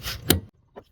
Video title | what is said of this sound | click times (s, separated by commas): How To Replace A DEF Level Sensor/Sending Unit On 2017 International 4300 Truck/Step-by-Step Guide | It snaps right in place. | 0.3 s